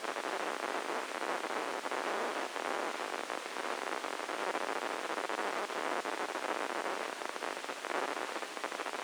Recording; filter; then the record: brain microelectrode recording played as sound; spike band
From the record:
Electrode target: subthalamic nucleus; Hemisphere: left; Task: reaching with the right hand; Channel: 1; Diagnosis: Parkinson's disease